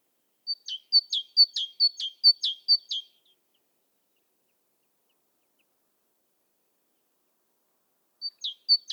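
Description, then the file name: Great tit repeating a high-then-low two-note phrase several times, falling silent for several seconds, then beginning again. "Parus major"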